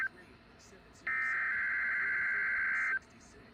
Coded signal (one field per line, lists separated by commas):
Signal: Emergency Alert System (SAME) tones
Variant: header bursts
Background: speech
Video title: NH Required Monthly Test over NWR/FM Radio - 2/14/26 (EAS #2,501-2,505)